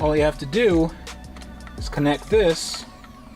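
Someone talks while handling the pre-wired harness plug from the converter on a Mercedes S65 AMG build, bringing it up to its mating socket, with a couple of faint taps around 1.4 s and 1.7 s between the words. The connector has not yet been pushed home, and nothing has seated or clicked yet.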